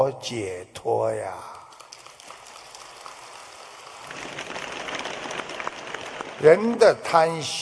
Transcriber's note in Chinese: 掌声